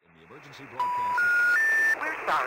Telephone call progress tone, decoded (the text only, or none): special information tone